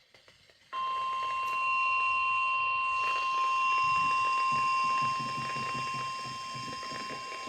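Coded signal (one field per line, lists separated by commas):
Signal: Emergency Alert System (SAME) tones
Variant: 1050 Hz attention tone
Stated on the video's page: Real Severe Thunderstorm Warning received from weather radio station WXJ71.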